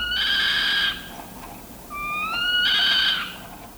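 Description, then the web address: Northern saw-whet owl giving two drawn-out, high nasal meowing whines, the second one sliding upward before it levels off, with quiet background between them. Given when agitated or threatened; described as a decidedly uncanny, high-pitched meow. "NEWSHOUR. Northern Saw whet Owl"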